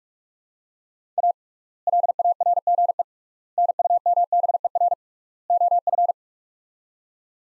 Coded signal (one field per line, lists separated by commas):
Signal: Morse code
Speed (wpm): 44 wpm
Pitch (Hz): 700 Hz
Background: none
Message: A LARGE NUMBER OF